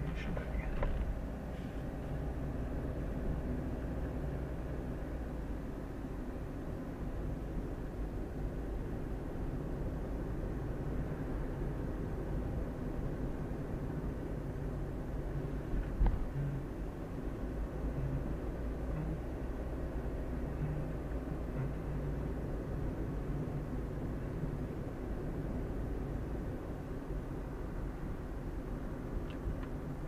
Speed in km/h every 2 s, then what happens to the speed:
21, 26, 28, 29, 31, 32, 33, 33, 32, 32, 32, 31, 31, 31, 30.
0-11 speeds up to 33. 11-30 steady at about 32.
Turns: none.